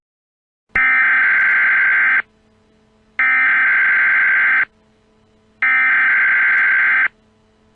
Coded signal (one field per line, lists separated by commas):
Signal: Emergency Alert System (SAME) tones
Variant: header bursts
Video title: EAS: Lice Disease Warning Part 1